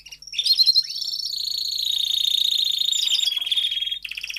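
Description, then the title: Domestic canary song, a few sharp chirps leading into a sustained fast rolling trill, ending with a brief high burst. Male Belgian canary singing a lot, used to warm up young canaries within 30 minutes. "Canary Training Esquente Seu Filhote E Canario Belga Em 30 Minutos Macho Cantando Muito"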